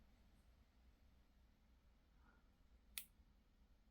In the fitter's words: 딸깍 소리가 들렸을 때 B 아고 적혀 있는 혹은 두 번째라고 적혀 있는 슬라이드를 올려줍니다